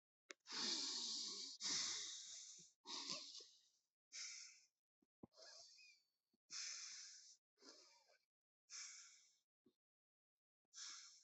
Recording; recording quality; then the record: deep breathing; excellent, no background noise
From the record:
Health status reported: COVID-19 positive, mild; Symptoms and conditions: cough, cold, sore throat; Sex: male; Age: 22 years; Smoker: not ticked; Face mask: not worn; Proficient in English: yes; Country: India